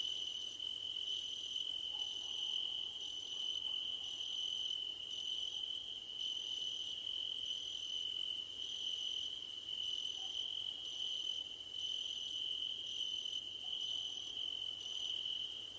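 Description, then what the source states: Cricket chorus with a continuous high trill and rapid, very high pulsed chirp trains broken by short pauses, plus a few faint lower notes in the background. Crickets at night under a starlit sky.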